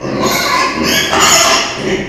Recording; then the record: squeal of a Yucatan mini pig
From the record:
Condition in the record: before surgery on the right vocal fold (resection and tissue-engineered implant); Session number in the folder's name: 2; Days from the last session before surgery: 0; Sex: male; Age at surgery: 12 weeks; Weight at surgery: 13 kg